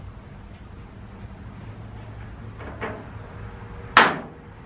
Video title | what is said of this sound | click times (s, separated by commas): How to Replace a Toyota Washer Nozzle (T100, 4Runner, Tacoma, Pickup) - Project 2WD T100 | There you go. Snaps right in. | 4.0 s